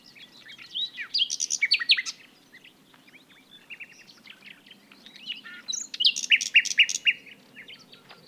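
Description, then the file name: Common nightingale song in two strong bursts of varied whistles and stuttering repeated notes, with quieter chatter between them. "Luscinia megarhynchos"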